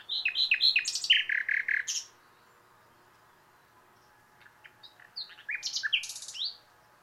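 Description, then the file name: Common nightingale song: a rich phrase of varied whistles and chips ending in a rapid run of repeated notes, a pause, then a second, squeakier phrase. "Luscinia megarhynchos"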